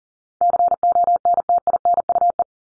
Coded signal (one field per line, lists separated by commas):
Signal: Morse code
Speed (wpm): 40 wpm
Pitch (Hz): 700 Hz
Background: none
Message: CONTINUE